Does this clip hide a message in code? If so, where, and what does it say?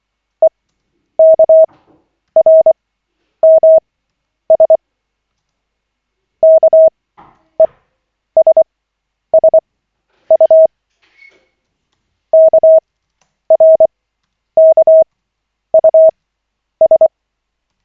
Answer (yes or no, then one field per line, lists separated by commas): yes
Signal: Morse code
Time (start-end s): 0.4-17.1 s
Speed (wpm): 24 wpm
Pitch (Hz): 640 Hz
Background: none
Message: EKRMS KESSU KRKUS